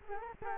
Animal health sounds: mosquito wingbeat signal from an infrared sensor; Culex quinquefasciatus

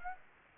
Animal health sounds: mosquito wingbeat signal from an infrared sensor; Aedes aegypti

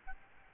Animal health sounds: mosquito wingbeat signal from an infrared sensor; Aedes albopictus

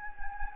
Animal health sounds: mosquito wingbeat signal from an infrared sensor; Anopheles gambiae

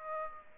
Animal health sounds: mosquito wingbeat signal from an infrared sensor; Aedes aegypti

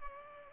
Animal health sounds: mosquito wingbeat signal from an infrared sensor; Culex pipiens

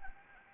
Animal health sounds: mosquito wingbeat signal from an infrared sensor; Anopheles gambiae

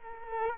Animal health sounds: mosquito wingbeat signal from an infrared sensor; Culex quinquefasciatus

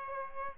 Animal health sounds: mosquito wingbeat signal from an infrared sensor; Aedes aegypti

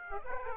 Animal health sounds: mosquito wingbeat signal from an infrared sensor; Aedes aegypti

